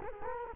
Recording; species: mosquito wingbeat signal from an infrared sensor; Culex quinquefasciatus